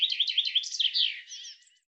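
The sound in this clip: Bird calling in a rapid series of high, twittering chirps that fade out near the end, with no other sounds.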